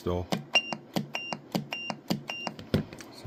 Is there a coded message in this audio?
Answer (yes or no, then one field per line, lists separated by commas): no